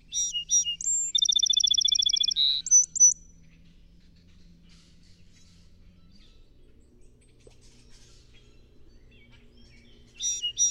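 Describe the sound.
Song sparrow delivers a song of quick notes, a long rattling trill and short accents, then silence before another song begins at the end.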